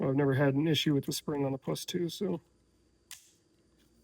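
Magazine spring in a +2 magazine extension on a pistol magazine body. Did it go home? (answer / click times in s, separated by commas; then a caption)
yes / 3.1 s. Someone talks, then a Floyd's Custom Shop +2 magazine extension is pushed back onto an M&P pistol magazine body. At 3.1 seconds, the magazine spring pops down into place with a single sharp click, and the spring is seated.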